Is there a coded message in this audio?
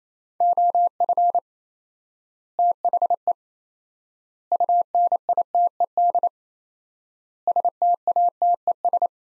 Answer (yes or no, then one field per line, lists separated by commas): yes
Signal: Morse code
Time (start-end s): 0.4-9.1 s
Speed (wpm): 27 wpm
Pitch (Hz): 700 Hz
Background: none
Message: OF THE UNITED STATES